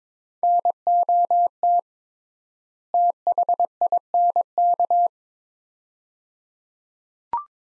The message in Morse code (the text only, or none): NOT THINK